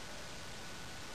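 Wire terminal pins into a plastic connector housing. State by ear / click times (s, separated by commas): not seated / none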